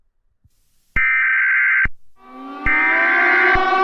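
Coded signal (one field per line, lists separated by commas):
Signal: Emergency Alert System (SAME) tones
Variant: header bursts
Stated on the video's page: Fictional EAS scenario using valid EAS tones.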